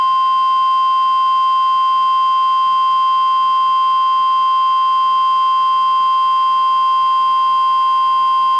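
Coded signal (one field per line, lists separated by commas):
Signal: Emergency Alert System (SAME) tones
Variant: 1050 Hz attention tone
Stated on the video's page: Required weekly test relayed by NOAA Weather Radio station KEC91, recorded from a Reecom R-1630 weather radio through a Zoom H1 recorder.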